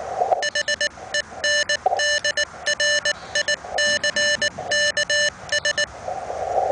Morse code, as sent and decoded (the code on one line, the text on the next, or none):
.... . -. -.. .-. .. -.-. -.- ...
HENDRICKS